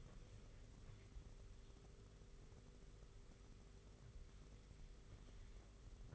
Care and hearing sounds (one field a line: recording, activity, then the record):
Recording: daily activity, microphone in the room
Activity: wipe stove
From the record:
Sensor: 4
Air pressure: 991.3 hPa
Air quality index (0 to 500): 164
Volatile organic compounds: 163 ppm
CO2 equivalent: 4080 ppm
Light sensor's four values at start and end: 25/82/30/32 and 25/82/30/31